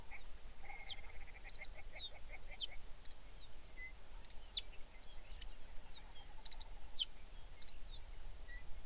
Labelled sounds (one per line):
songbird
grouse or ptarmigan